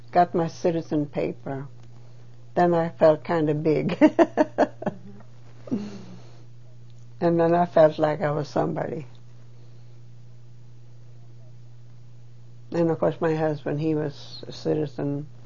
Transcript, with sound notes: got my citizen paper. Then I felt kind of big. (She laughs.) And then I felt like I was somebody. And, of course, my husband, he was a citizen